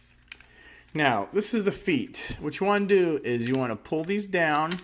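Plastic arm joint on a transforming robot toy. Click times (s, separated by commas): 0.3 s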